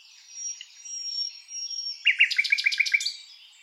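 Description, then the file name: Common nightingale song: thin drawn-out whistles, then a loud fast run of repeated sharp chirps. "Luscinia megarhynchos"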